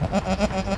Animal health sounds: contact call of a hoofed animal; goat; low-frequency (closed-mouth) or high-frequency (open-mouth) call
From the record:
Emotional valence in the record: negative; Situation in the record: short social isolation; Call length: 0.78 s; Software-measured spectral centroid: 2030 Hz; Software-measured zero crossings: 1490 a second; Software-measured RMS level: -24 dBFS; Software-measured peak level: -8 dBFS

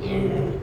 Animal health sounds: contact call of a hoofed animal; pig; closed-mouth grunt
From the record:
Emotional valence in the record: negative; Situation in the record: short social isolation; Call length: 0.63 s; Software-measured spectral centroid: 1290 Hz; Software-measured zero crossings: 870 a second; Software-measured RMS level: -24 dBFS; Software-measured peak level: -13 dBFS

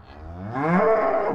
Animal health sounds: contact call of a hoofed animal; cattle; low-frequency (closed-mouth) or high-frequency (open-mouth) call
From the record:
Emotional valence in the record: negative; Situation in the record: full separation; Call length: 1.35 s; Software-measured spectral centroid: 970 Hz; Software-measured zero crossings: 1150 a second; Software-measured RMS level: -23 dBFS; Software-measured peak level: -8 dBFS

